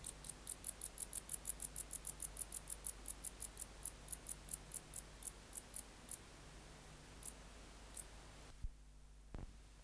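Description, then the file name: Wart-biter song, a fast series of high clicks that gradually slows and spaces out before stopping, ending with a couple of soft knocks. "Decticus verrucivorus"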